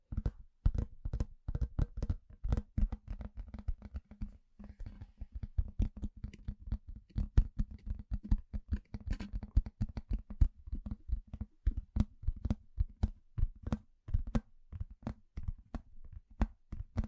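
A household object is worked in a fast, uneven run of sharp taps and clicks that never lets up for the whole 17 seconds. Some hits land harder than others. A steady low hum sits underneath the clatter throughout.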